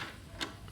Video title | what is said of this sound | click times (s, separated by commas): CBR600RR Brake Pads Replacement Step by Step - 2007-2012 | just gonna go until it clicks good check | 0.4 s